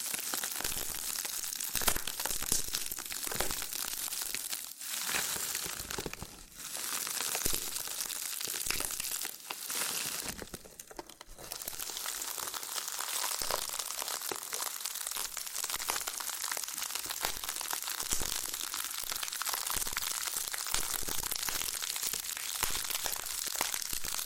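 Loofah scratching and peeling sounds, a dense, bright crinkling texture that runs almost without pause for the whole 24 seconds. Sharp pops and crackles punch through every second or so, with brief softer dips near 5, 6 and 11 seconds.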